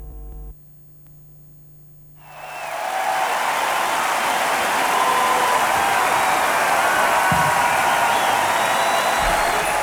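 A low electrical hum gives way after about two seconds to a large crowd's applause, a dense wash of clapping that swells in quickly and holds steady, loud and unbroken, to the end.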